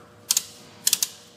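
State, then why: Torque reached. A plastic ratcheting filler cap is screwed back onto a fluid reservoir neck on a Ford Five Hundred / Freestyle after the electronic throttle body has been replaced. Two sharp, bright clicks come at 0.3 s and 0.37 s, then three more at 0.87 s, 0.93 s and 1.0 s, with quiet between them. The ratchet clicks at 0.3 s and 0.9 s show the cap has been tightened.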